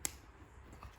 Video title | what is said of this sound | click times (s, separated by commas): HOW TO BLOCK MOULD INSIDE A WALL CAVITY | That little click sound is when the back side of it clears the | 0.0 s